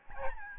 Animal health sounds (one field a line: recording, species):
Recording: mosquito wingbeat signal from an infrared sensor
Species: Aedes albopictus